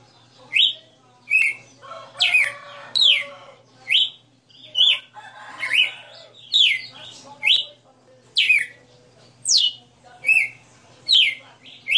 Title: Canto Galo Campina Fêmea. Galo de Campina 60 NOTAS Cantando Ao vivo